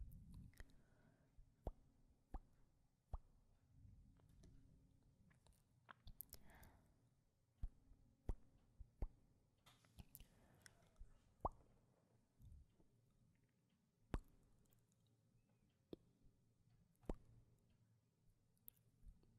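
Kisses and lip sounds: sharp wet clicks and smacks pop out every second or so over a soft, low murmur. Between them come squishy, sticky mouth noises, with a brief breathy smear around six and ten seconds.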